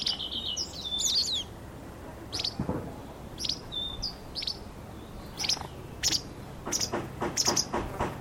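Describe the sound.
Bird calls: high sharp chips scattered throughout and a few short whistled notes, over a low background hum.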